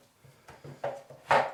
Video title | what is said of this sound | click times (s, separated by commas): PRIME 1 STUDIO - BANE - VENOM VERSION - BATMAN ARKHAM ORIGINS - REVIEW FRANCAISE FRENCH | voilà ça s'emboîte vient après et se mettre les jambes alors | 1.3 s